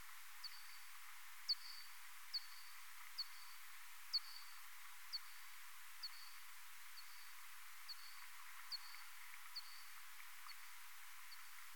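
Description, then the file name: Common pipistrelle echolocation: a faint, regular run of short descending chirps with level endings, partly masked by a steady wash of hiss. "Ppip"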